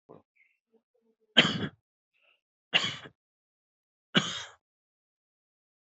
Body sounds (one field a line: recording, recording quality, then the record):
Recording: heavy voluntary cough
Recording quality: excellent, no background noise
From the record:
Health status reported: exposed to COVID-19, no respiratory illness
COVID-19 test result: not tested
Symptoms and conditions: muscle pain, hypertension, diabetes, ischaemic heart disease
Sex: male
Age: 70 years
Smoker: not ticked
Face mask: not worn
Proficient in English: yes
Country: India